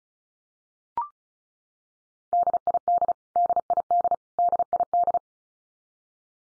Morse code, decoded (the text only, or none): DID DID DID